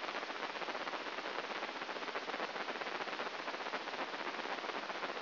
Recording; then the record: brain microelectrode recording played as sound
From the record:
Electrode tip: inside the subthalamic nucleus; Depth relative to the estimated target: 0 mm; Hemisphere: right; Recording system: AlphaMap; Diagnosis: Parkinson's disease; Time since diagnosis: 12 years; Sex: male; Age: 57 years